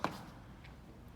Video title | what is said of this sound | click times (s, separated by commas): OVS UFO LED Solar Light | head unit goes on locks in place and you're done | 0.0 s